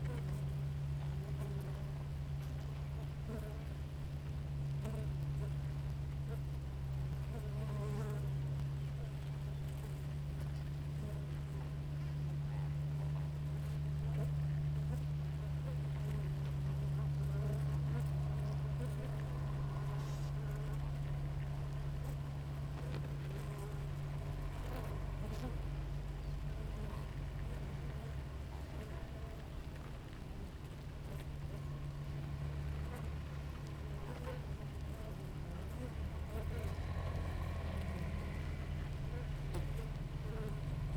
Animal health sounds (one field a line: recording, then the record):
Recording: honeybee colony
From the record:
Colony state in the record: active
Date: 28 July 2017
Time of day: 6:24